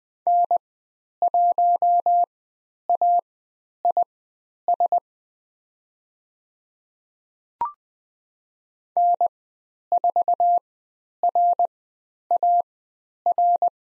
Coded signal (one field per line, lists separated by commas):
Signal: Morse code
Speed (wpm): 20 wpm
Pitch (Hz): 700 Hz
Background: none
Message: N1AIS N4RAR